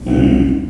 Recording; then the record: squeal of a Yucatan mini pig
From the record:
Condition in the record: after surgery on the right vocal fold (resection and tissue-engineered implant); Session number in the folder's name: 1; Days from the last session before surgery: 13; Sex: female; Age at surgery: 19 weeks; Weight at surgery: 25 kg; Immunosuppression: prednisolone